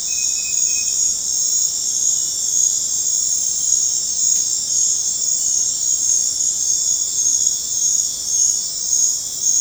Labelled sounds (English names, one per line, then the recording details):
none
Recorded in dense forest near Puerto Asís, Putumayo, Colombia, on 26 December 2024 at 22:00
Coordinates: 0.468, -76.322
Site G071